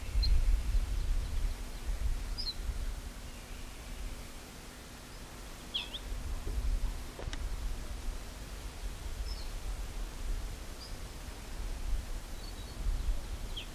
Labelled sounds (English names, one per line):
Ortolan Bunting call